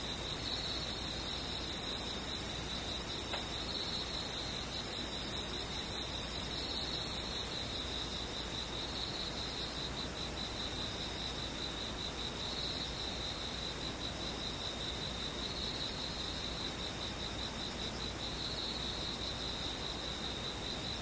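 Insects trill steadily throughout, a dense high chirring with a brighter hiss that drops away around eight seconds, leaving pulsing calls.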